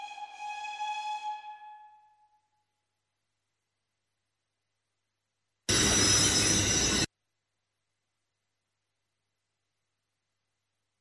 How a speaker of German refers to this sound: Aber nachts, sagte die Stationsschwester, nachts lag er wach, den Kopf zum Fenster gedreht und horchte auf die Züge.